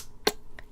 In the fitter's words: into place all that Lego click again my